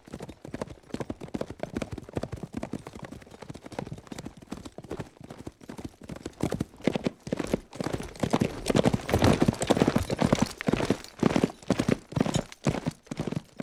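Horse galloping, a continuous patter of hoofbeats that becomes louder and more clustered in the second half.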